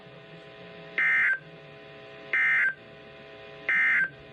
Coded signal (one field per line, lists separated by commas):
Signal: Emergency Alert System (SAME) tones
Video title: Required Weekly Test (EAS #827) 8/27/25